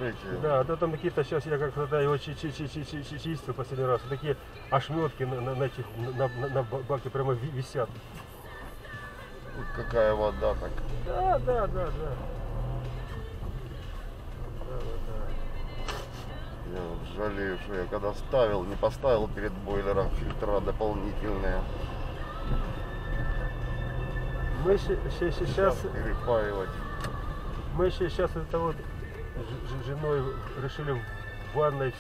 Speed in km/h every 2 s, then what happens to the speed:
2, 0, 3, 7, 6, 5, 0, 7, 8, 9, 10, 13, 15, 18, 17, 9.
0-3 standing. 3-5 pulls away to 7. 5-11 steady at about 6. 11-13 standing. 13-26 pulls away to 18. 26-32 slows to 9.